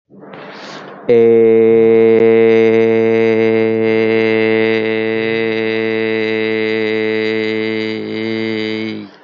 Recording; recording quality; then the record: sustained vowel as in made; excellent, no background noise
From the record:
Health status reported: healthy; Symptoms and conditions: none ticked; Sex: male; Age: 28 years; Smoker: not ticked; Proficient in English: yes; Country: India